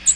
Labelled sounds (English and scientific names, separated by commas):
American Redstart (Setophaga ruticilla) flight call